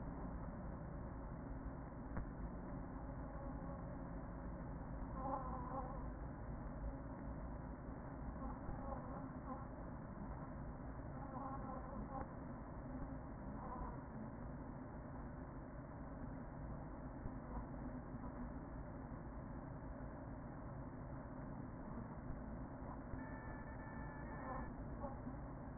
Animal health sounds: honeybee colony, microphone inside the hive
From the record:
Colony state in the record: queen present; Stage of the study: after two queens were removed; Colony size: about 40,000 bees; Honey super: no

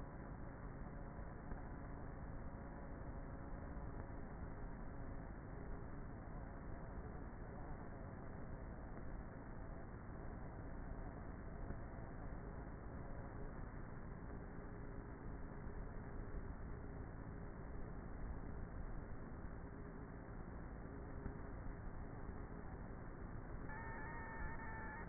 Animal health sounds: honeybee colony, microphone inside the hive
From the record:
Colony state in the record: queenless with a low population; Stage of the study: before two queens were removed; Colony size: about 30,000 bees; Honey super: no

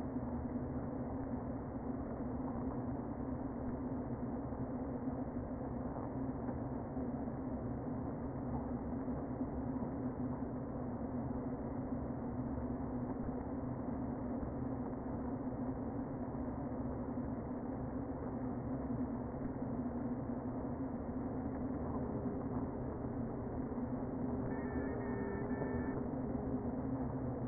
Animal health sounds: honeybee colony, microphone inside the hive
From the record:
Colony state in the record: queen present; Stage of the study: before two queens were removed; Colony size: about 60,000 bees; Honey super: yes

